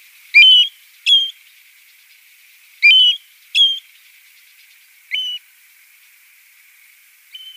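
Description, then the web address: European golden plover calls: clear, plaintive whistles that rise and then level off, given singly or in pairs against a faint steady hiss. "Schulze Peter Eurasian Golden-Plover calls"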